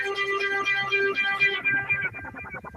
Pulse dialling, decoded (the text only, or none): none